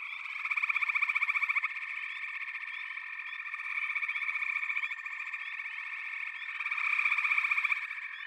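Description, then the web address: Frogs trilling in chorus, rapid pulsed calls swelling in a few louder surges over a steady background of callers. "The Natural Sounds of the Wilderness 10 CDs collection Echoes of Nature - Frog Chorus"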